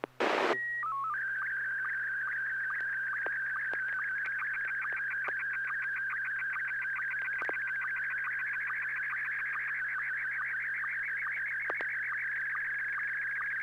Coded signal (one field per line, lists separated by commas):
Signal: SSTV (slow-scan television)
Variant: Scottie 1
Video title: N6NA SSTV Net - 02/03/2021